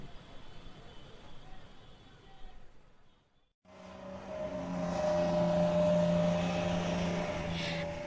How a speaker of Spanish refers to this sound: Llegó nuestro bus, ¡vámonos!